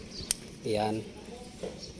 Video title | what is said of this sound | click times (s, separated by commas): REPLACED NEW WIPER BLADE WITH LOCK | yan Ibig sabihin naglock po siya | 0.3 s